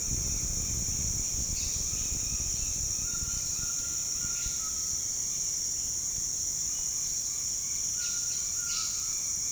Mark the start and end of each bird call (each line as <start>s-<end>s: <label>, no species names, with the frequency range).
7.83s-9.52s: bird call (1.0-5.4 kHz)